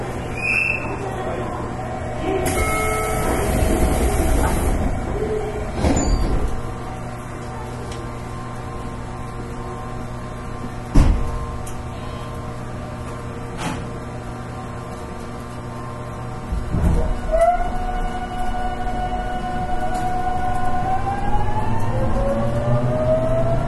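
Running sound aboard a Class 813 electric train on a Kagoshima Line rapid service. A steady low rumble and hum carry throughout, broken by a sharp clunk near eleven seconds and a louder rush with rising motor whine from about seventeen seconds on.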